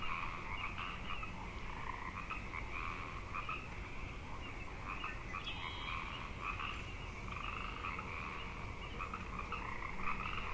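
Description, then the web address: Frogs in full chorus, an even wall of pulsing trills, joined briefly by a sharp high call in the middle. Frog chorus at Grafton Lake, recorded 3 May 2009. "The Frog Chorus Tunes Up On Grafton Lake frogs 090503"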